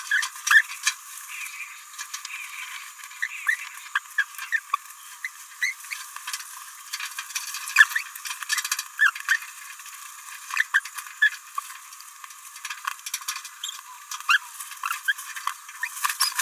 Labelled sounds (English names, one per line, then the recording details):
Green-rumped Parrotlet babbling
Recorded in a nest box in Venezuela
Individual 18B17A4